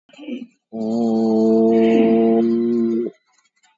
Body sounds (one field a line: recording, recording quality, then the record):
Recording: sustained vowel as in boot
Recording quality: excellent, no background noise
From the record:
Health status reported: COVID-19 positive, mild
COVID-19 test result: positive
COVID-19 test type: RT-PCR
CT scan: taken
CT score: 10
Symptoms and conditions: sore throat, hypertension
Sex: male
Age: 56 years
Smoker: no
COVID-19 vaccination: one dose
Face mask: worn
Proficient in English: yes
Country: India